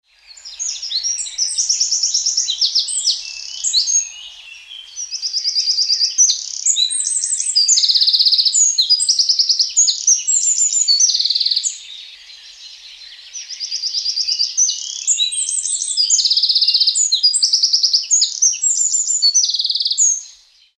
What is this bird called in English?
Eurasian Wren